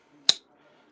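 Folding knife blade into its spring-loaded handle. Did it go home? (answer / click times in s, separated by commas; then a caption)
yes / 0.3 s. A blade of an unused, unsharpened Rough Rider lollipop copper head slip-joint folding knife, with copper-coloured handle sections, is worked against its spring. The spring snaps the blade into place with one sharp, loud crack at 0.3 s over a faint low background. The blade seats with a good snap, and both blades are judged to snap well.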